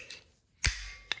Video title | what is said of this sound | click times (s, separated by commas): how to install hood pops! | See, it locks in there, can't go nowhere. | 0.6 s, 1.1 s